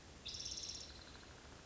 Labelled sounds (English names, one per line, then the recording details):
Spotted Towhee
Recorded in Sonoma County, California